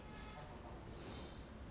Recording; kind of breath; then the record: one breath in and out by a microphone near the nose and mouth; normal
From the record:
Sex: male